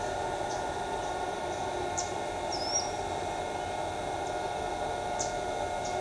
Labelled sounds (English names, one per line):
Pied Water Tyrant
Ochre-lored Flatbill